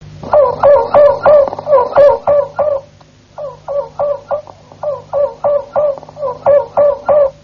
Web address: ~joaopt canarios cantoharz